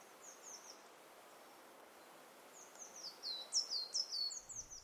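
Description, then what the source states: Coal tit calling: a faint high phrase, then a louder run of sharp, repeated two-part notes near the end, over low background hiss. Coal tit most prominent in the foreground, going 'pitu, pitu', its main call.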